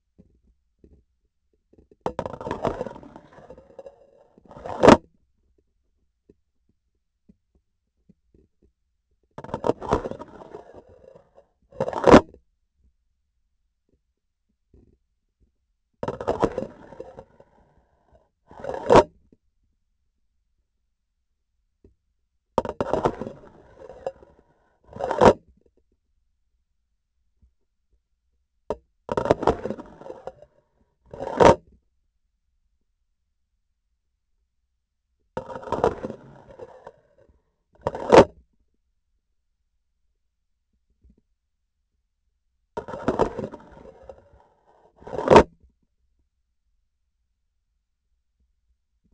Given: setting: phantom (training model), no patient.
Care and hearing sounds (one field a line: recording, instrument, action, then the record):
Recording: laparoscopic instrument, vibration sensor on the handle end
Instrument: grasping forceps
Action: insertion and removal through the trocar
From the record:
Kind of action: spatial motion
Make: other than Olympus